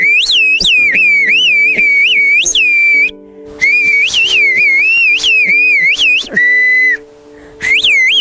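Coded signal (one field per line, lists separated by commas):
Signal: whistled language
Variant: Turkish (Kuşköy bird language)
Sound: a loud gliding whistle rising and falling in pitch, with brief pauses between phrases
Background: low background hum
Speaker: let's conduct an experiment your friend is far away from us and can't hear what we're saying let's ask her to do something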